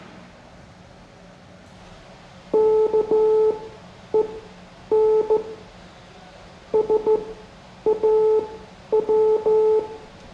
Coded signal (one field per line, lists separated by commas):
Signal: Morse code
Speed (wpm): 14 wpm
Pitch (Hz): 430 Hz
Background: none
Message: KEN SAW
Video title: Morse Code Class 05